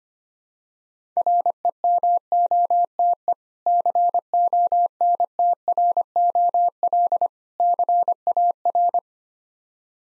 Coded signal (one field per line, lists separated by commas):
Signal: Morse code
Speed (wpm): 25 wpm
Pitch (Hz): 700 Hz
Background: none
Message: REMOTE CONTROL CAR